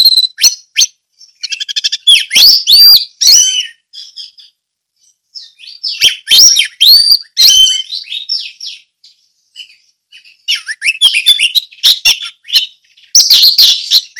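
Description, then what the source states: Orange-headed thrush song: long, rambling, high-pitched phrases mixing whistles and fast trills in several bursts with short pauses. Ngeplong song style.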